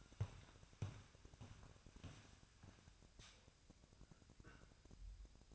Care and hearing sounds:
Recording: daily activity, microphone in the room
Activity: walk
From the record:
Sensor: 2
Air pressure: 1012.0 hPa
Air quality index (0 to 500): 172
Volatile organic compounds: 2 ppm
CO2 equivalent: 1262 ppm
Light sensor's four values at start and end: 57/131/60/71 and 43/115/48/54

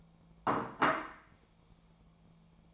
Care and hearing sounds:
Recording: daily activity, microphone in the room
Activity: place plate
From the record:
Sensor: 1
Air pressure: 1000.3 hPa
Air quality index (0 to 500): 143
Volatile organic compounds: 3 ppm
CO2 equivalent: 1348 ppm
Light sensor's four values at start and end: 30/74/32/38 and 30/74/32/38

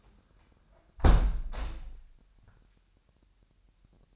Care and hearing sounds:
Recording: daily activity, microphone in the room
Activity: close window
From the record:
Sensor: 2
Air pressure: 998.0 hPa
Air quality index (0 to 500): 149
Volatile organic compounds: 4 ppm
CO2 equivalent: 1680 ppm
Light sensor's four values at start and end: 9/29/11/11 and 9/29/11/11

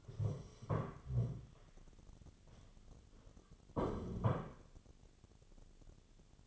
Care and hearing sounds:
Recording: daily activity, microphone in the room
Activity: stand up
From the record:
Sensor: 4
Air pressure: 1016.1 hPa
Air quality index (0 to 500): 172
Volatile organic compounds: 7 ppm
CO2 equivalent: 1964 ppm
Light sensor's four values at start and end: 9/20/8/8 and 9/20/8/7

